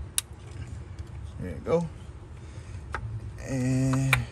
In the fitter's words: hear it snap there